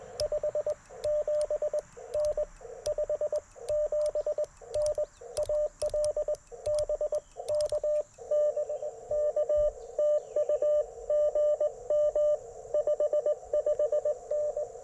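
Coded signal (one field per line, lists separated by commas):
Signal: Morse code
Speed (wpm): 20 wpm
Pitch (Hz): 600 Hz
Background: radio noise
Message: 57N 57N AL BK NK TU GM 55N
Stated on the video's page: QRP CW Parks on the Air activation sent with paddles on an Icom IC-705 into a Chelegance MC-750 antenna.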